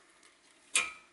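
A wiring harness connector is pressed into the engine control unit of a Toyota car and held until its lock engages. After a quiet lead-in, a single sharp locking click sounds at 0.8 s and rings out briefly. The connector is seated.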